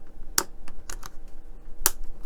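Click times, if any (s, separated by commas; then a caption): 0.4 s, 1.9 s. A plastic part of the model's remote-control watch is pressed into the watch case. It clips into place with two loud, sharp snaps at 0.4 s and 1.9 s, with fainter clicks in between. The part is seated.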